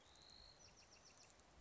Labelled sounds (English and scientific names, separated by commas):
Bewick's Wren (Thryomanes bewickii)